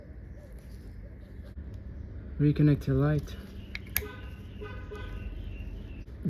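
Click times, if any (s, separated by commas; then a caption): 4.0 s. A license plate lamp's wiring connector on a Toyota Land Cruiser 100 Series is plugged back into the lamp housing as someone talks. A sharp click at 4.0 seconds marks the connector seating.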